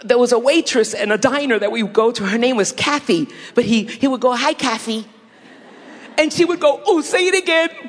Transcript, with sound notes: There was a waitress in a diner that we go to whose name was Kathy. And he would go, “Hi, Kafy!” (laughter) And she would go, “Ooh, say it again!”